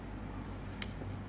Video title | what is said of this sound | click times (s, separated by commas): The New Hohem ISteady M7 Ai Gimbal..!! | locks in place we got the second lock here | 0.8 s